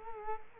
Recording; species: mosquito wingbeat signal from an infrared sensor; Culex quinquefasciatus